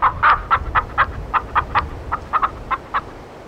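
Chickens cluck in a steady run of short, mid-pitched calls, about a dozen in a few seconds, over a low rumbling background, at small rural plots with houses, some livestock and dogs.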